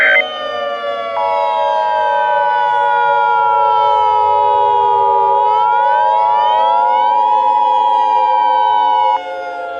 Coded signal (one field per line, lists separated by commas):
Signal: Emergency Alert System (SAME) tones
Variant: 853 and 960 Hz attention tone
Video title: EAS Scenario | Wings of Fire | The NightWing Exodus